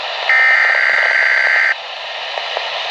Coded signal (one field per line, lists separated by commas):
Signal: Emergency Alert System (SAME) tones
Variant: header bursts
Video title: Weatheradio Canada - Severe Thunderstorm Watch (EAS #28) 23/07/2012